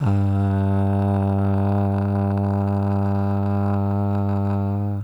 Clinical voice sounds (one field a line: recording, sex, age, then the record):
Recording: sustained vowel /a/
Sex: male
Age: 20 to 29 years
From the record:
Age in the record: 25 years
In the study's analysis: included